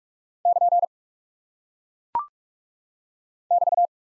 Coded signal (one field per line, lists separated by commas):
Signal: Morse code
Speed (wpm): 43 wpm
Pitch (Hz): 700 Hz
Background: none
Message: <KN> <BT>